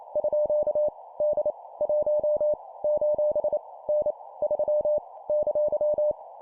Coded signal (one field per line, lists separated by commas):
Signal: Morse code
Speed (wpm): 28 wpm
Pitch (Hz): 600 Hz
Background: none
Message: _ D 1 : N 3 !